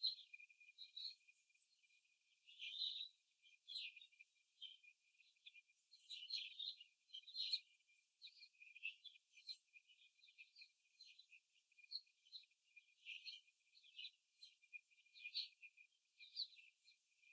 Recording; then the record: young laying hens in a cage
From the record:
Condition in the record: before the stressor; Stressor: simulated dog barking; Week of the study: 3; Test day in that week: 2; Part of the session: 2